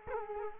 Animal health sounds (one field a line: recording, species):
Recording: mosquito wingbeat signal from an infrared sensor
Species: Culex quinquefasciatus